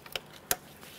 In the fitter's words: listen for a click from that give it a light tug and then lock it in with the red locking tab along the bottom